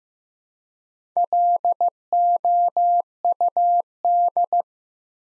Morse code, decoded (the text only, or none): LOUD